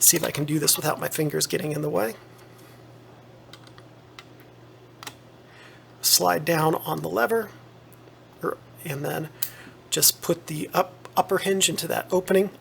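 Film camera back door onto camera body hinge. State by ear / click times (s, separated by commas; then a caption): not seated / none. Someone talks while remounting the removable metal back door of a Pentax MX 35mm film SLR, fitting the bottom hinge pin onto the camera body and working the door into position before sliding the lever and lining up the upper hinge. Small, faint metallic taps from handling the door are heard between about 3.5 and 5.1 s, with another at 7.9 s. The door has not clicked into place yet.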